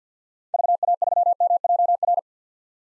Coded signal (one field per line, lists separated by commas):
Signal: Morse code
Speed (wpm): 45 wpm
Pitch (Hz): 700 Hz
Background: none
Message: VA3MJR